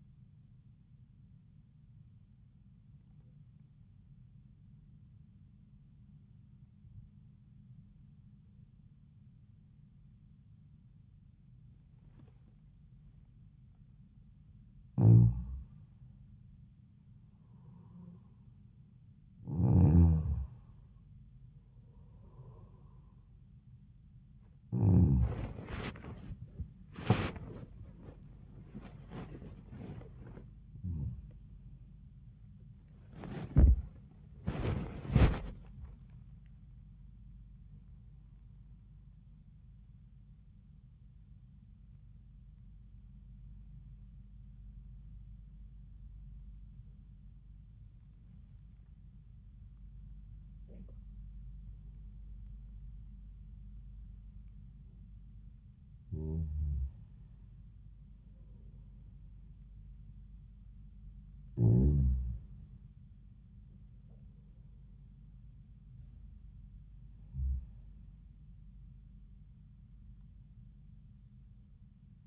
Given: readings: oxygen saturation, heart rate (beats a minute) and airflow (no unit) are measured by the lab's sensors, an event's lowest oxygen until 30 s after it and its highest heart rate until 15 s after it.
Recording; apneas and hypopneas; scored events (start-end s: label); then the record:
a person awake in a sleep study, by a smartphone at the bedside; 1
3.00-15.10 s: obstructive apnea (N1, oxygen 96% highest, then 93% lowest, heart rate 78 at the start, 86 highest)
11.00-72.27 s: new sleep stage, awake
12.00-72.27 s: awake
From the record:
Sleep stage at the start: N1 (lightest sleep); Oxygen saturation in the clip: 93 to 98%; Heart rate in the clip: 65 to 101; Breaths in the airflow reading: 9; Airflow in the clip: -6.8 to 8.0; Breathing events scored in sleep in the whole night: 400 in 8.7 hours asleep